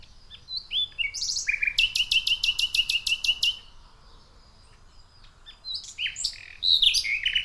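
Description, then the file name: Common nightingale song with a rapid run of sharp repeated clicking notes, a quiet gap, then varied rich phrases. "Luscinia megarhynchos"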